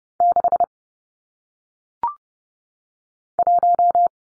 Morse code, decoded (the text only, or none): 6 1